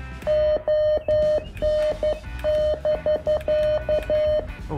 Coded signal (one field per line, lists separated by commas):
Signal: Morse code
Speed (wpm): 12 wpm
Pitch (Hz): 610 Hz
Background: radio noise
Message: ON<BK>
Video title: Unboxing the compact and powerful Venus SW-3B - a must-have for CW QRP enthusiasts!